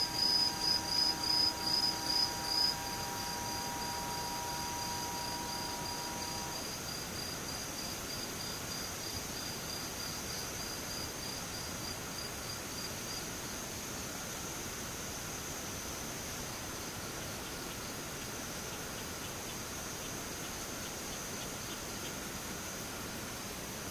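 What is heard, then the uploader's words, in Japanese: Insects sing over a steady, dense hiss of rain. A quick run of bright, pulsing chirps fills the first three seconds, and a lower steady whine holds until about six seconds. A thin, high insect trill carries on throughout. 無音ムシ雨。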